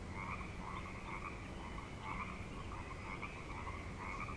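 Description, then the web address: Frogs croaking in a steady massed chorus, rapid pulsed trills overlapping throughout the short stretch with no gaps. Frog chorus at Grafton Lake, recorded 3 May 2009. "The Frog Chorus Tunes Up On Grafton Lake frogs 090503"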